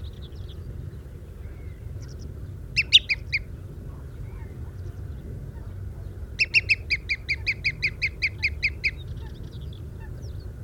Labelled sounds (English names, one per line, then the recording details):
Green Sandpiper call
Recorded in the wild
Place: Murighiol, Saratura Murighiol, Dobrogea, RO
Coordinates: 45.032, 29.15
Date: 1973-05-09
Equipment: Nagra III BH, Sennheiser MD 21, parabola
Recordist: Schubert, Michael